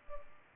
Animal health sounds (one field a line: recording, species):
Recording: mosquito wingbeat signal from an infrared sensor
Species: Culex pipiens